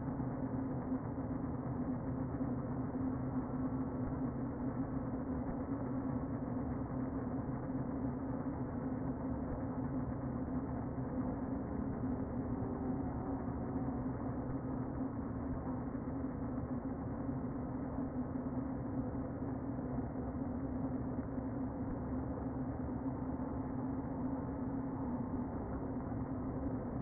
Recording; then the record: honeybee colony, microphone inside the hive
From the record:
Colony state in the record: queen present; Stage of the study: before two queens were removed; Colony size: about 60,000 bees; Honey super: yes